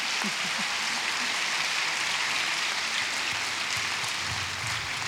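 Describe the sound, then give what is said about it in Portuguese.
A sustained round of applause from a crowd for a winner, dense crackling claps filling the whole clip at a steady loud level, with faint voices mixed in underneath. “Obrigada, uma salva de palmas aqui para este vencedor.”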